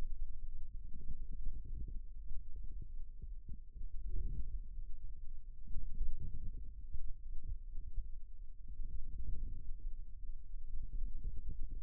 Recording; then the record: forearm muscle sounds (acoustic myography)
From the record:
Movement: radial deviation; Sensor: system 2, bracelet of six BSWA MPA416 microphones around the upper forearm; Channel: 2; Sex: male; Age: 22 years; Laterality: right